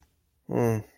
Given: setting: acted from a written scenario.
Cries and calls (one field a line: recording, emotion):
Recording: vocal sound without words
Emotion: negative surprise